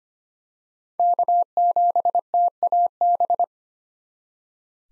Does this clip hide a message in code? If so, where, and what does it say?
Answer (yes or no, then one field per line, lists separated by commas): yes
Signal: Morse code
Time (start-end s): 1.0-3.4 s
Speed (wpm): 25 wpm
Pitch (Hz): 700 Hz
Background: none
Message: K7TAB